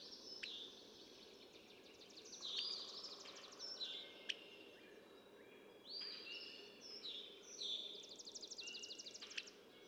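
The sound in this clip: Red-winged blackbird song: whistled notes leading into fast rattling trills, repeated several times among other overlapping bird calls and faint hiss.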